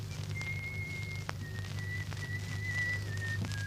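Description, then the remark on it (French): A man whistles a thin, high tune in a few long held phrases with small pitch shifts as he undresses, moving between the washroom and the bedroom, over a steady low hum and faint crackling noise, with a couple of soft knocks. “Il se déshabille, allant du cabinet de toilette à la chambre, en sifflotant.”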